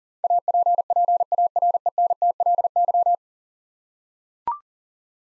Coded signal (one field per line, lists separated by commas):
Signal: Morse code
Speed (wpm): 44 wpm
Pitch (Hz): 700 Hz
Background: none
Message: APPARENTLY